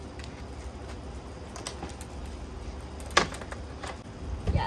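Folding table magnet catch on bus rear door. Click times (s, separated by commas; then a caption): 3.2 s. A folding table mounted on the rear door of a short school bus is swung up against the door, and its thin cabinet magnet catch pulls it shut so it stays put while driving. A few faint ticks come first, then the catch snaps in place with a sharp, loud snap at 3.2 s, and the table is held closed.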